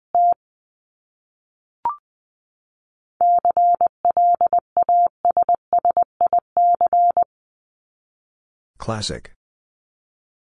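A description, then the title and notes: A word is sent in Morse code as a steady mid-pitched tone, keyed into short dots and longer dashes. After two brief beeps and a lone click, the main run of clustered beeps fills the middle seconds. Silence follows, broken by a short, rough burst near the end. Top 751-1000 Words 20wpm. First, the word is sent in Morse code.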